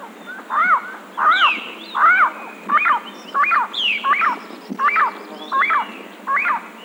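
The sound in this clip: Bird giving a series of arched, mid-pitched notes repeated a little more than once a second, with occasional higher downslurred notes between them.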